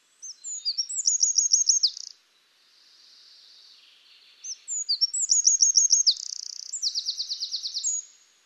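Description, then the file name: Eurasian wren song: very high, loud, rapid trills and sharp notes in two long bursts, separated by a soft hissing pause, otherwise quiet. "Troglodytes troglodytes"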